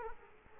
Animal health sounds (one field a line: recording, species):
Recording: mosquito wingbeat signal from an infrared sensor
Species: Culex quinquefasciatus